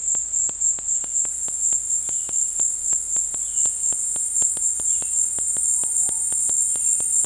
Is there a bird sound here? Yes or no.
yes